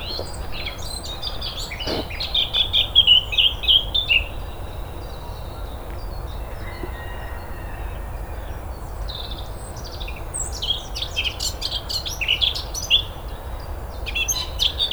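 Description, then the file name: Eurasian blackcap song: bursts of quick, high warbling and chirping phrases, loudest early on, with further scattered notes later over a steady background hiss. "Sylvia atricapilla"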